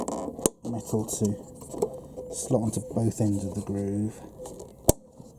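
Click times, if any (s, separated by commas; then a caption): 4.9 s. Someone talks while a metal wire retaining clip is slotted over both ends of its groove on the headlight housing of a Volvo S40 to hold the H7 bulb. A sharp metallic click sounds at 4.9 s as the spring clip seats and clamps into place.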